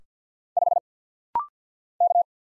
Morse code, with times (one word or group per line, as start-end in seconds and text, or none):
0.6-0.8 5
2.0-2.2 K